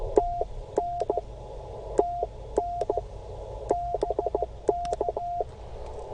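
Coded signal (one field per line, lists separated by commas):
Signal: Morse code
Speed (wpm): 15 wpm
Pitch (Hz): 700 Hz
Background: none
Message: TN TN BK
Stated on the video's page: Portable CW during a park activation with a Bamatech key adjusted too tight, causing key failure; slow DX contact in adverse conditions.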